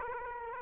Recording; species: mosquito wingbeat signal from an infrared sensor; Aedes aegypti